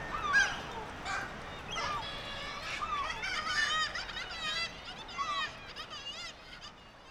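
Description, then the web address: Black-legged kittiwake calls, scattered short nasal cries and chattering notes with pauses between, fading to quieter calling toward the end. "sound Black-legged-kittiwake. صدای-پرنده-کاکایی-پاسیاه"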